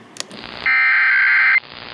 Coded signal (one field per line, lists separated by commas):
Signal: Emergency Alert System (SAME) tones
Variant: header bursts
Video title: BUNCHA TESTS!!! EAS Tests from 5/19/21 (EAS #325-329)